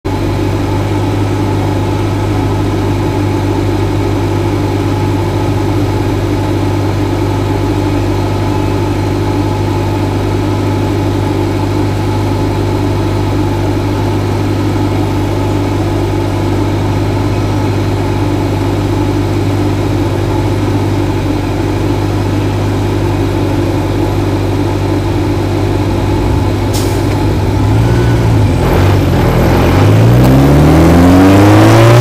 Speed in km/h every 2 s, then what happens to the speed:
0, 0, 0, 0, 0, 0, 0, 0, 0, 0, 0, 0, 0, 0, 16, 35.
0-26 standing. 26-32 pulls away to 35.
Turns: none.